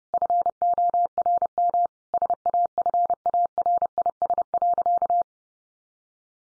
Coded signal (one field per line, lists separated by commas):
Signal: Morse code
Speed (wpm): 30 wpm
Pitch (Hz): 700 Hz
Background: none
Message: FORM SAFARIS.